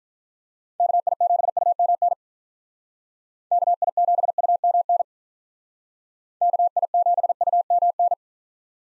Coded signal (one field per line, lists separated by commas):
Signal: Morse code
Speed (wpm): 46 wpm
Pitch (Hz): 700 Hz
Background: none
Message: KI7UMN KI7UMN KI7UMN